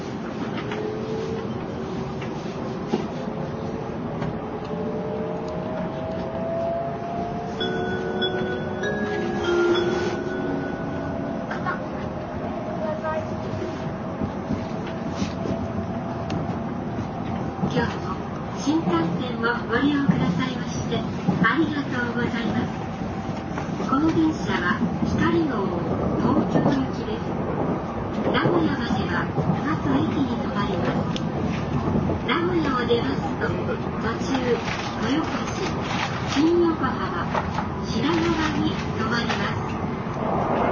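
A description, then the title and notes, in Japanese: A JR 700-series Shinkansen ride from Kyoto to Shin-Yokohama: a steady low rumble of the moving train throughout, with faint voices and brief clicks. JRN700系 京都〜新横浜。ひかり530号に乗車し、録音しました。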